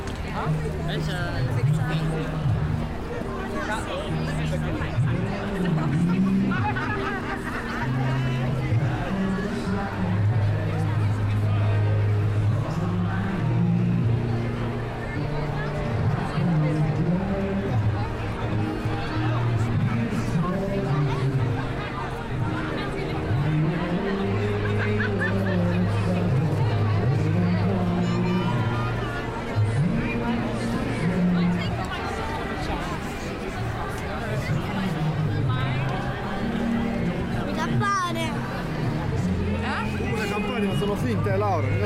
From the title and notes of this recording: Covent Garden at Christmas | London. A vibrant binaural walk through Covent Garden at Christmas. Sounds of tourists and shoppers. Crowds of families gathering to enjoy the festive lights and street performers.